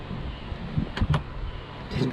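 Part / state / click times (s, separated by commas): sway bar onto RC car chassis mounts / seated / 1.0 s, 1.1 s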